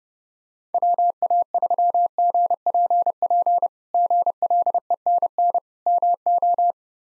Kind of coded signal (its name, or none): Morse code